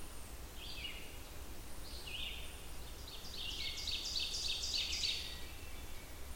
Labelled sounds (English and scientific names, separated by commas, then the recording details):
Ovenbird (Seiurus aurocapilla) song
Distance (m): 60 m
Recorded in boreal forest in Alberta, Canada, on 28 June 2016 at 08:21
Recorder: SongMeter 3, array SBT-6-79
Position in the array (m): 34 m, 128 m
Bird 40